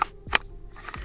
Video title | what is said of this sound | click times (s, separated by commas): My M&P 2.0 EDC - Summer 2023 edition - Pocket dump | there's actually retention on the light itself so you'll hear it click in | 0.4 s